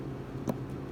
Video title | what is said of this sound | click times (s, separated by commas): Yamaha wolverine x2 x4 weller racing ecu flash and hmf quiet core slip on install | If you hear this, that little clicking, just push in with a screwdriver and you can slide both of your plugs out | 0.5 s